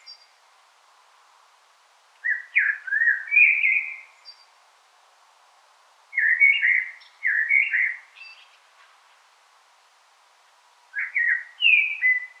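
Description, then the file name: Common blackbird song: three rich warbling phrases separated by pauses, some closing with thin, high-pitched twitters. "Turdus merula"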